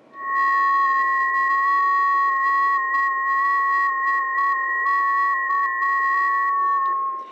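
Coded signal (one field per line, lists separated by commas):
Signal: FT8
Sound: two steady whistling tones with slight pitch wobble, held for about seven seconds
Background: radio static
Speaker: I'm hearing it on 20 and 40 and this is what it sounds like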